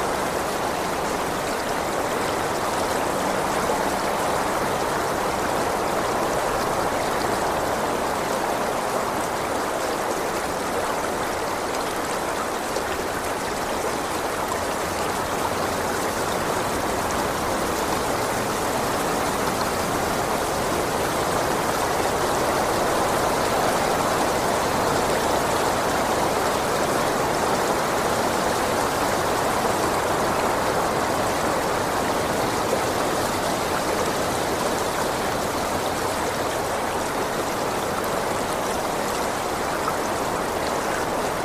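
A mountain stream rushes steadily throughout, a dense, even wash of water noise centered in the middle and upper range with little change in level. The flow sounds continuous, with faint low rumbling beneath that may be wind.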